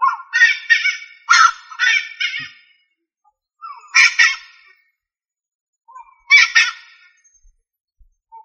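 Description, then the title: Rail uttering raspy, honk-like squawks: a quick string of doubled notes at first, then single doubled calls every two to three seconds. "LuckyFamilia RallidaeFrangoSama"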